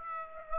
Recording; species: mosquito wingbeat signal from an infrared sensor; Aedes aegypti